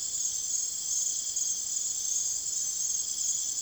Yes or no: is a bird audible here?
no